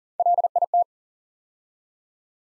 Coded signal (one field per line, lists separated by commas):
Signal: Morse code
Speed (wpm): 40 wpm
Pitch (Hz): 700 Hz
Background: none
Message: LIT